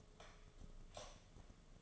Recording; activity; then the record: daily activity, microphone in the room; light off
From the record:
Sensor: 4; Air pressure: 1011.1 hPa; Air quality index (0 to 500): 144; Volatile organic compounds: 3 ppm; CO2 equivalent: 1479 ppm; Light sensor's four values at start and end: 168/437/185/192 and 167/436/184/192